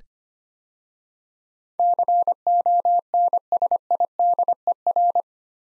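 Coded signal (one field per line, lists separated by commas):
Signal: Morse code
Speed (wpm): 25 wpm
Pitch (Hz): 700 Hz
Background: none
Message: CONSIDER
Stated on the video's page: Morse code practice of 8-letter words at 25 wpm, a word-copying drill.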